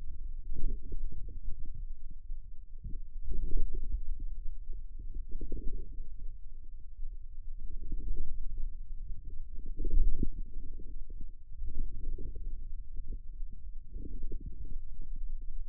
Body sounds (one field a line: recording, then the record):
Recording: forearm muscle sounds (acoustic myography)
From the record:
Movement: outward rotation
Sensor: system 2, bracelet of six BSWA MPA416 microphones around the upper forearm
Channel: 5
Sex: male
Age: 22 years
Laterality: right